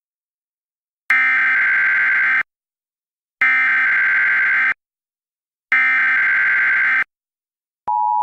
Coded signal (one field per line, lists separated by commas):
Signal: Emergency Alert System (SAME) tones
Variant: header bursts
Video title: Mock EAS Scenario - Food poisoning